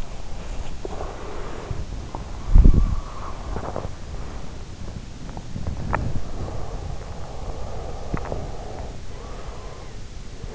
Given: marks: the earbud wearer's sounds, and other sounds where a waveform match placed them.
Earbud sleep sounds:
sounds in sleep by an in-ear microphone; body movement, breath
0.00-4.30 s: body movement
0.67-2.91 s: breath
4.50-7.32 s: breath
7.53-10.55 s: breath

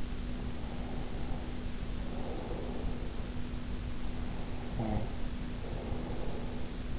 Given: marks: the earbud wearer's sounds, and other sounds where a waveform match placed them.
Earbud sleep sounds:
sounds in sleep by an in-ear microphone; breath, snoring breath
0.27-3.49 s: breath
3.91-6.99 s: snoring breath

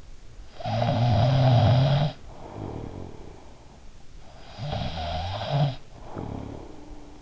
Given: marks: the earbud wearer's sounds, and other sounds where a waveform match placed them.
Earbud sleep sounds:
sounds in sleep by an in-ear microphone; snoring breath
0.31-3.97 s: snoring breath
4.37-7.22 s: snoring breath

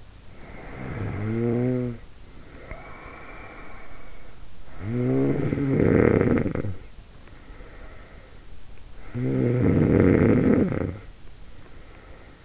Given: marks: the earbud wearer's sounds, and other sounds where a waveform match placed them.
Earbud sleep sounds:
sounds in sleep by an in-ear microphone; snoring breath
0.00-4.40 s: snoring breath
4.68-8.63 s: snoring breath
8.91-12.45 s: snoring breath

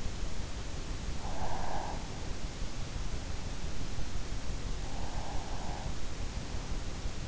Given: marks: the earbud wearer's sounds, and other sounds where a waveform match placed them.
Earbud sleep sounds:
sounds in sleep by an in-ear microphone; breath
1.17-2.31 s: breath
4.60-6.26 s: breath

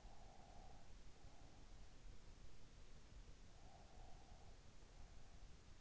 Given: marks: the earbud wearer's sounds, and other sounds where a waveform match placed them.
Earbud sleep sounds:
sounds in sleep by an in-ear microphone; breath
0.00-1.82 s: breath
3.57-5.40 s: breath

